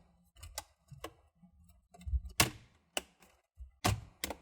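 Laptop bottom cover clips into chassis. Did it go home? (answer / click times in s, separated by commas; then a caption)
yes / 0.6 s, 1.0 s, 2.4 s, 3.0 s, 3.9 s, 4.2 s. The plastic bottom cover of a Dell G3 15 series laptop, fitted hinge side first from the back after a RAM upgrade, is pressed onto the chassis. Its clips snap in with sharp clicks at 0.6, 1.0, 2.4, 3.0, 3.9 and 4.2 seconds, with soft handling noise in between. The cover seats in the chassis, and the clicks are normal.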